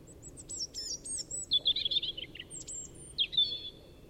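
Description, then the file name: European robin song, a brief rush of very high thin notes sliding into a fluttering trill and a final whistled flourish, over soft background noise. "Erithacus rubecula"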